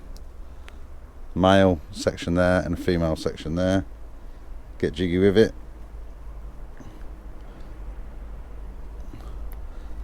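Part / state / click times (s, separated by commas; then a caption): LCD display cable connector into its mating plug on an e-bike / seated / 9.5 s. Someone talks while joining the male and female halves of the plastic multi-pin connector on the LCD display cable of a DYU Stroll 1 700C City Electric Bike, wiggling them together until they lock. After the talking stops, faint handling ticks are heard, then a small sharp click at 9.5 s as the connector seats in its mating plug.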